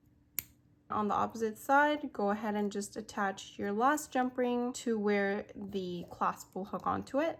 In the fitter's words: and always make sure to hear that click